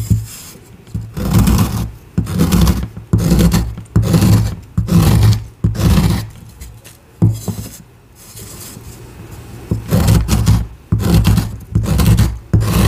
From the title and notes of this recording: Carving Gym Chalk ASMR.